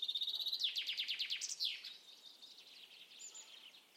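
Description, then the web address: Bird song: a high, fast chattering trill of evenly spaced notes, then a downward sweep and softer twittering fading out, with a brief thin whistle near the end. "cianscape birddata Deverinetal 2025 File origin Bird Only"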